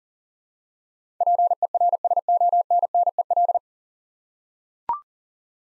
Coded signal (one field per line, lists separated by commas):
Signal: Morse code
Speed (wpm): 40 wpm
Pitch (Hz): 700 Hz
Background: none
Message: PERSONNEL